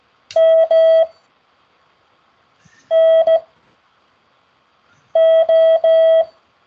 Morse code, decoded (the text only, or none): MNO